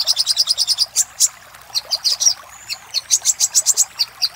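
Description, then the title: Little spiderhunter song of sharp, rapid high notes, a fast opening run, a scattered middle, then quick repeated chips again. Master recording used for training cage birds, labelled 'Labaik'. "Masteran Burung Sogok Ontong Labaik"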